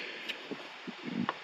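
While reinstalling a forged carbon steering wheel on a Lamborghini Huracan, the steering wheel's main wiring harness connector is pushed into its mating socket. Soft low handling bumps and rustles build up before a single sharp click at 1.3 s. The connector is seated and its green locking tab is confirmed engaged.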